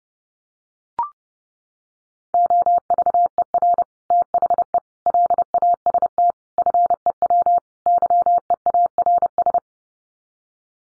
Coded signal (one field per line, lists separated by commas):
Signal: Morse code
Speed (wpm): 30 wpm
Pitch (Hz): 700 Hz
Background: none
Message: OVER THE LAST FEW YEARS